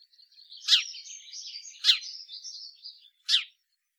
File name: Passer domesticus